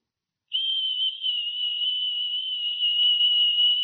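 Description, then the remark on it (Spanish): A soft, gentle whistle holds one steady high note with only slight wavering, starting after a brief silence and continuing unbroken to the end. “Un silbo apacible y quieto, y ahí estaba Dios.”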